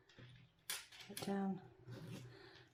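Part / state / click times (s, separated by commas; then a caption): zipper pull onto zip tape / seated / 0.7 s. A zipper pull (slider) is pushed onto the ends of a continuous zip tape, one side and then the other, and gives a sharp click at 0.7 s as it seats into place. A few softer handling sounds follow while someone talks.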